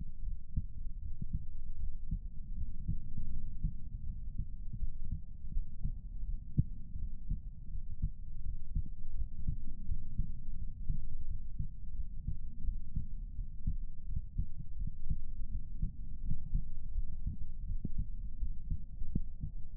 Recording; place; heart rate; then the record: heart sounds by stethoscope; pulmonary valve (PV); 81 bpm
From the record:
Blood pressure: 117/76 mmHg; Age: 35 years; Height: 180 cm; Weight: 80 kg